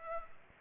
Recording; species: mosquito wingbeat signal from an infrared sensor; Culex pipiens